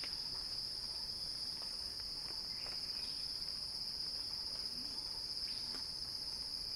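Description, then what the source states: Cicada buzzing runs continuous and high-pitched, while a few faint chirps sound further down. Recording titled a cicada crescendo.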